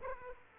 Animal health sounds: mosquito wingbeat signal from an infrared sensor; Aedes aegypti

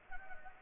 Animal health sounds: mosquito wingbeat signal from an infrared sensor; Anopheles gambiae

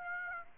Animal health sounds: mosquito wingbeat signal from an infrared sensor; Aedes aegypti

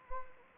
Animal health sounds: mosquito wingbeat signal from an infrared sensor; Anopheles arabiensis

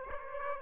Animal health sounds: mosquito wingbeat signal from an infrared sensor; Aedes aegypti

